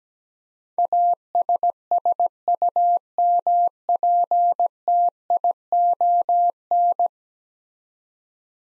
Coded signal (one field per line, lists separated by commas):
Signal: Morse code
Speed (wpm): 17 wpm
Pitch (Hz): 700 Hz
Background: none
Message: ASSUMPTION